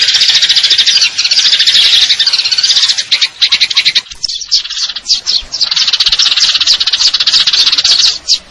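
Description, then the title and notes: Eurasian tree sparrow chattering in fast high trills, steady for three seconds, then broken into choppy bursts before running on again to the end. Fighting call with long trills; clear-sound masteran training recording for contest birds. "GEREJA TARUNG NEMBAK PANJANG SUARA JERNIH MASTERAN WAJIB BURUNG LOMBA. Burung Gereja"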